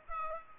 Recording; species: mosquito wingbeat signal from an infrared sensor; Culex pipiens